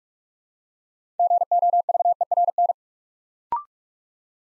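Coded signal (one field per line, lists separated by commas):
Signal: Morse code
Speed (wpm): 44 wpm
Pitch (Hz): 700 Hz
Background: none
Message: GOVERN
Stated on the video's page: Morse drill at 45 wpm building 6-letter words two letters at a time, for instant character recognition.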